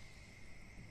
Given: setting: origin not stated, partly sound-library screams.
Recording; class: one-second piece from a danger detection set; normal situation